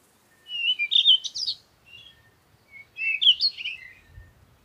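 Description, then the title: Bird song in two rich, rapid warbled phrases separated by a short pause, with a soft low thud at the end. Morning birds recorded outdoors in nature while on vacation. "Morning Birds Meditation - Spiritually Fit with Amelia Andaleon"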